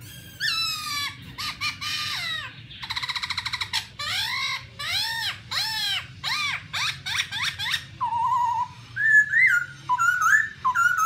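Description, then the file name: Black-throated laughingthrush song: harsh downslurred squawks and a rattle give way to a steady series of arched calls, then short mellow whistled warbles. "tieng khuou bac ma hot"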